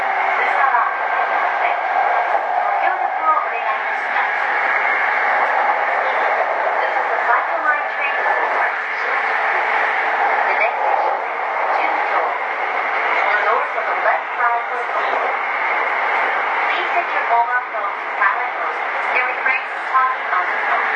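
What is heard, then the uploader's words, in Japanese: Running sound of a Saikyo Line train: a steady, dense roar of motion fills all 21 seconds with little change in level. A constant mid-pitched hum sits underneath, while scattered brief clicks and a voice-like murmur come and go throughout. JRE233系 武蔵浦和〜新宿。埼京線の走行音です。ICレコーダーで録音しました。編成は10両編成。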